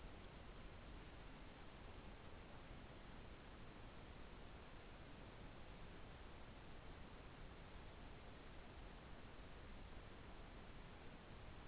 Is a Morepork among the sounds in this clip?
no